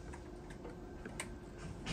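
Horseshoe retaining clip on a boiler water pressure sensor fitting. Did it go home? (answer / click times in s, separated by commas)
yes / 1.2 s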